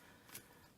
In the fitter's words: they lock into the top of the knees knee covers and there you go okay